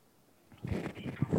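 Fetal heartbeat heard by ultrasound Doppler during a sonogram: a baby's heartbeat.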